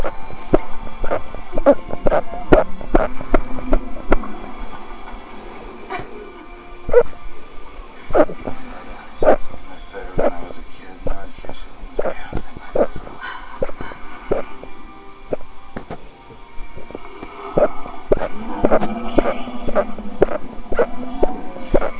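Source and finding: Adult. Hiccups.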